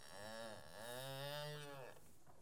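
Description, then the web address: Domestic cattle calf giving a soft, low moo that swells and fades over about two seconds against a background hiss. Young calves feeding; livestock. "BBC Sound Effects Library Livestock Young Calves Feeding"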